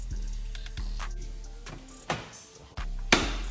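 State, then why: Seated. A plastic S3 front grille is worked into the front bumper of an Audi A3, with a steady low hum and a few soft knocks at 0.6, 1.0 and 2.1 seconds. A sharp, loud snap at 3.1 seconds is the grille clip clicking into place, and the grille is seated.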